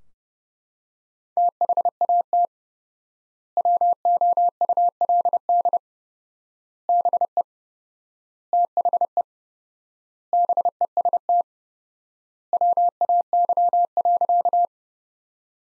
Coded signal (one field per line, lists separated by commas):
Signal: Morse code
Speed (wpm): 32 wpm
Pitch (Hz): 700 Hz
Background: none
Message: THAT WOULD BE THE BEST WAY.